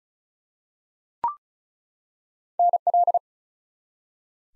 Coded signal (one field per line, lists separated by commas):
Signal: Morse code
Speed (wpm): 36 wpm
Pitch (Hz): 700 Hz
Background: none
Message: NL